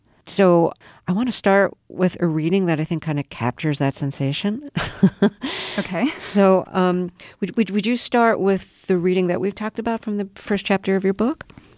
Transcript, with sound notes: So I want to start with a reading that I think kind of captures that sensation (laughter).
OK.
So would you start with the reading that we've talked about, from the first chapter of your book?